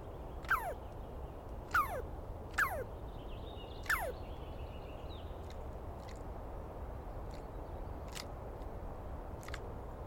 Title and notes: On the morning of 21 April, 2017, I set up my microphones and recorder for a nice dawn recording in the East Cascades. It was early, and I started to fall asleep while recording. Instead of lulling off into dreamland, I was started awake by a screaming Douglas Pine Squirrel.